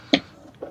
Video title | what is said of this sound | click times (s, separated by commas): Arlo Ultra 2 the best 4K Wireless Security Camera just got even better! | right in and push it all the way so that you hear it click and now | 0.1 s